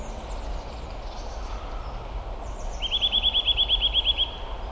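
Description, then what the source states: Eurasian Nuthatch giving a rapid piping trill of roughly twelve ringing notes at an even pace, with constant low background noise beneath. Calling in a seaside city park in Gdańsk, early March, around midday.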